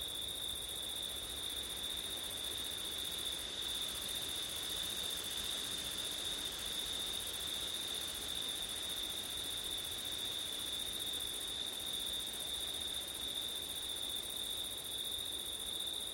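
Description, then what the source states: Cricket chorus holds one unbroken high trill for the full length, with faint upper shimmering over a soft steady hiss. Crickets on a windy September night; ortif recording.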